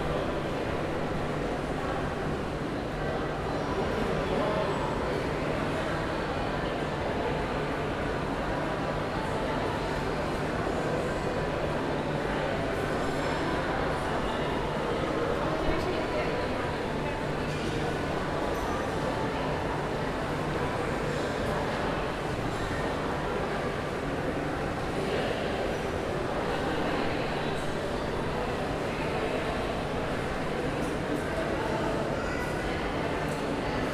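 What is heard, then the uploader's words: Families shopping fill a large indoor space with a dense, steady murmur of many voices that never drops away. A constant low hum runs underneath, and faint footsteps and small clatters come and go without any single sound standing out. Sitting outside of Nordstrom in the SouthPark Mall.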